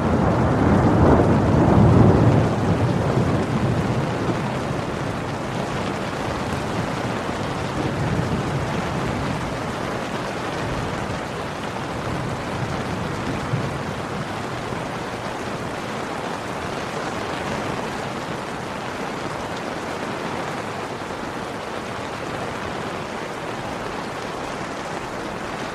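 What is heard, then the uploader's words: Steady, dense rain hisses, with a low rumble swelling in the first few seconds and again briefly around eight seconds. Serene Rain Sounds.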